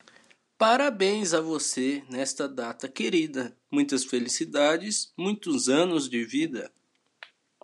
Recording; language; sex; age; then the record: short text; Brazilian Portuguese; male; 18 to 19 years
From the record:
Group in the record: control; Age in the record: 19 years